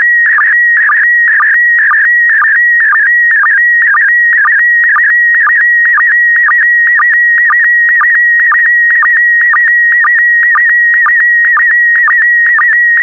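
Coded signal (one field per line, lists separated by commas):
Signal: SSTV (slow-scan television)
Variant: PD120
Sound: steady high warbling tone with regular short dips about twice a second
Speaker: Five, four, three, two, one. Thank you. Transmission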